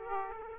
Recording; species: mosquito wingbeat signal from an infrared sensor; Aedes aegypti